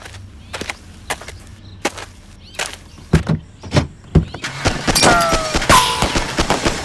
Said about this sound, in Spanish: ¡Están disparando! ¡Cúbranse! ¡Corran pa'l monte! ¡Es una emboscada! ¡Salen disparos por todos lados!